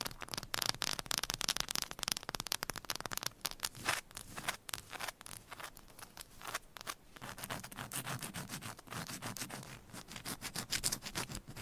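Scratching and tapping on a textured candle makes dense, bright, crackly scrapes in rapid bursts, thinning briefly around six and nine seconds.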